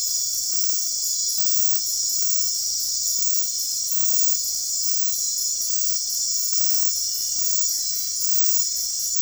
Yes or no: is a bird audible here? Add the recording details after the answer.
no. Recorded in dense forest near Puerto Asís, Putumayo, Colombia, on 9 March 2025 at 02:00. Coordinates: 0.503, -76.323. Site GP09